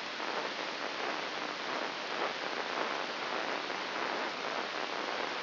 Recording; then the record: brain microelectrode recording played as sound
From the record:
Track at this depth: inside the subthalamic nucleus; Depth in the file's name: 2.604 mm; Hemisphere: right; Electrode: 3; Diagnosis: Parkinson's disease